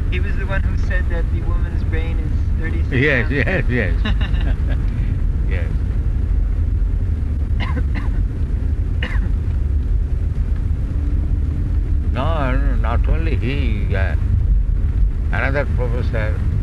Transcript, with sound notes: He was the one who said that the woman's brain is thirty-six ounces?
Yes, yes. [chuckles] Yes. No, not only he, another professor,